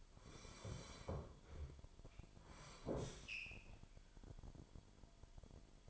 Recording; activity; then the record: daily activity, microphone in the room; sit down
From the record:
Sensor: 5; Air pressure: 998.6 hPa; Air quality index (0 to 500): 90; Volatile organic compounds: 2 ppm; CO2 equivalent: 1032 ppm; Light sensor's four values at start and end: 33/81/33/37 and 33/81/33/37